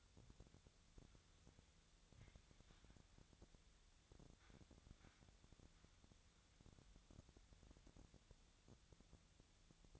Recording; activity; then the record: daily activity, microphone in the room; wipe stove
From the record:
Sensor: 3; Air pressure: 1007.0 hPa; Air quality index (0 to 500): 204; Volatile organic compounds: 18 ppm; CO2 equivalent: 2610 ppm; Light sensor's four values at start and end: 11/27/11/11 and 11/27/11/11